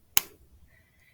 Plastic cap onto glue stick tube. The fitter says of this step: then what you're going to do is you're going to cap your glue and make sure you hear it snap